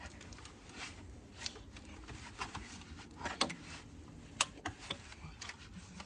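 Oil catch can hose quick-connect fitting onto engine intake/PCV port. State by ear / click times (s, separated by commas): seated / 4.4 s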